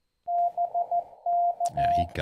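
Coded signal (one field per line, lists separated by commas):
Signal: Morse code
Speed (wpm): 16 wpm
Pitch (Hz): 700 Hz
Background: speech, radio noise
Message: BK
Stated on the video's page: Hunting Parks on the Air (POTA) activations.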